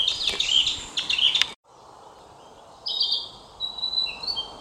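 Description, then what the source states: Narcissus flycatcher singing a dense warbled phrase that cuts off abruptly, then long sustained whistled notes with a downward step, over low continuous background noise. Recorded on 22 May 2022.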